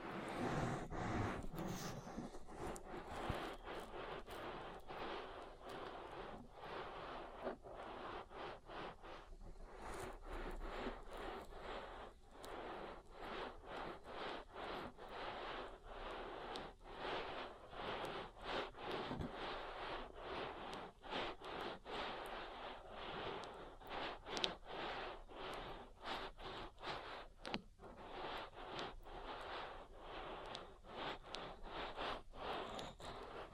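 An oil ear massage fills the clip with a dense, unbroken run of quick, slick rubbing and squishing strokes. The strokes come fast and fairly regular, bright and crackly, at an even loudness from start to finish, with no pauses or other sounds.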